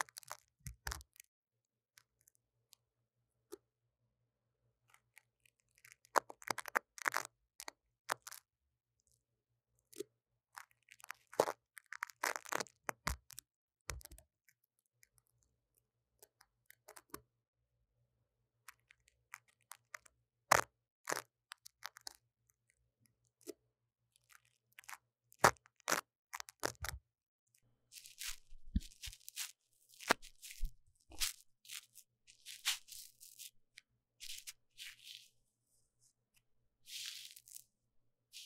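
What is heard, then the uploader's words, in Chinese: Deep cleaning of a microphone ear: bursts of crunchy, scratchy rubbing come and go in clusters, busiest around 6–14 seconds and again from 25 to 37, with quiet gaps between. Some strokes are bright and crackly, and a faint low hum runs underneath. 麥克風耳朵深度清潔。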